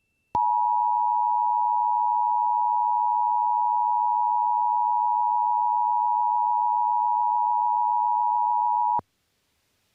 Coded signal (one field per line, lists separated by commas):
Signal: Emergency Alert System (SAME) tones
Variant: 853 and 960 Hz attention tone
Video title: New Jersey RMT for June 2023 [EAS #496-509]